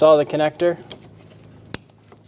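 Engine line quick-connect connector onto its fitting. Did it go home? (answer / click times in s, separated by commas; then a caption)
yes / 1.7 s. Someone talks, then a plastic quick-connect line connector is pushed onto its fitting in the exhaust/intake area of a 2000-2007 Ford Focus during exhaust manifold catalytic converter assembly replacement. It gives a sharp click at 1.7 s, followed by a few faint small ticks. The connector clicks in and is seated.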